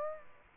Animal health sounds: mosquito wingbeat signal from an infrared sensor; Aedes aegypti

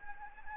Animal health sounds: mosquito wingbeat signal from an infrared sensor; Anopheles gambiae

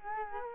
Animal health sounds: mosquito wingbeat signal from an infrared sensor; Culex quinquefasciatus

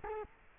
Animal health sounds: mosquito wingbeat signal from an infrared sensor; Culex quinquefasciatus

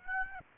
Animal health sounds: mosquito wingbeat signal from an infrared sensor; Aedes aegypti

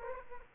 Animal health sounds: mosquito wingbeat signal from an infrared sensor; Aedes aegypti

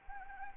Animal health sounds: mosquito wingbeat signal from an infrared sensor; Anopheles arabiensis

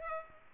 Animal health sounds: mosquito wingbeat signal from an infrared sensor; Culex pipiens

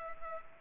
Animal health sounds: mosquito wingbeat signal from an infrared sensor; Culex pipiens

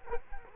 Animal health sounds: mosquito wingbeat signal from an infrared sensor; Culex quinquefasciatus

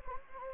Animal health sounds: mosquito wingbeat signal from an infrared sensor; Anopheles gambiae

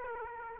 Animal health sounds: mosquito wingbeat signal from an infrared sensor; Aedes aegypti

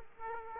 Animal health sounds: mosquito wingbeat signal from an infrared sensor; Aedes aegypti

